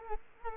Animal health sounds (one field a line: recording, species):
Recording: mosquito wingbeat signal from an infrared sensor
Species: Culex quinquefasciatus